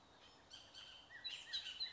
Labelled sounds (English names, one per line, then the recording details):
Bullock's Oriole
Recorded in Sonoma County, California